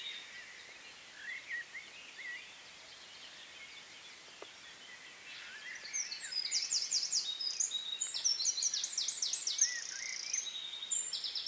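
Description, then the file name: Eurasian wren song: after a few soft, scattered chirps, a rapid, high, trilling outpouring of notes begins around midway and runs unbroken to the end. "Troglodytes troglodytes"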